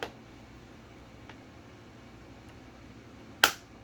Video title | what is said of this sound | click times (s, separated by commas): Bissell ProHeat 2X Revolution Pet Unboxing, Assembly, & Usage Tutorial (1548) | There we go. So you want to hear both the clicks, | 0.0 s, 3.4 s